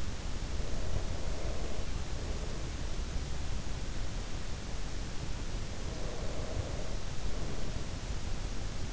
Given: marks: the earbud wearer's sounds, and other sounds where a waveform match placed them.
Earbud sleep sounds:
sounds in sleep by an in-ear microphone; breath
0.39-3.77 s: breath
5.43-8.93 s: breath

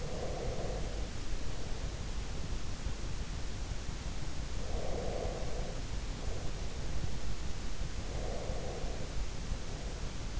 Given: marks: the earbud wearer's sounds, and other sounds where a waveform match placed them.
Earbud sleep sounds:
sounds in sleep by an in-ear microphone; breath
0.00-2.40 s: breath
4.67-7.14 s: breath
8.05-10.39 s: breath

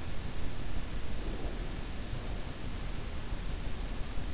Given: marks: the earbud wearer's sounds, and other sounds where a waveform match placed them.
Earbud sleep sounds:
sounds in sleep by an in-ear microphone; breath
1.27-2.05 s: breath

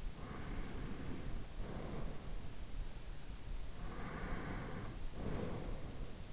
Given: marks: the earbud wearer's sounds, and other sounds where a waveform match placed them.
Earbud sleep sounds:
sounds in sleep by an in-ear microphone; breath
0.00-2.57 s: breath
3.59-6.10 s: breath

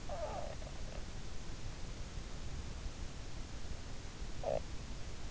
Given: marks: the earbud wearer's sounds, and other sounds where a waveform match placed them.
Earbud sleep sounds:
sounds in sleep by an in-ear microphone; snoring breath
0.05-1.07 s: snoring breath
4.35-4.63 s: snoring breath

